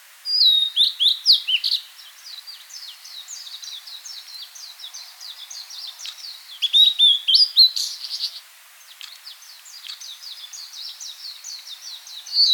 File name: Cyanoptila cyanomelana